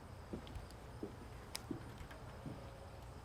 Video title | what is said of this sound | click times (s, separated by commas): Installing Regal ideas LED Lighting with The Brolaws | now that your connection is made and you heard the click slide the shrink tube over that connection hit it with a heat gun | 1.5 s